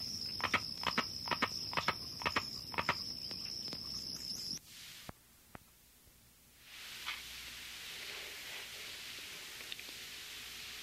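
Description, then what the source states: Carpenter frog call: sharp, knocking clicks like hammer blows, often in pairs, repeated for about four seconds over a steady high insect whine, then quiet. Northern species reaching Florida only in the extreme northern peninsula, in acid sphagnum bogs of the Okefenokee Swamp and Osceola National Forest; call sounds like hammering.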